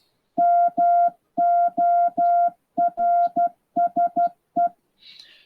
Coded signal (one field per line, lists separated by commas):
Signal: Morse code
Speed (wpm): 12 wpm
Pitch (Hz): 700 Hz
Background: none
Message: MORSE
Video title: InterClub Video: Morse For Beginners by John G4EDX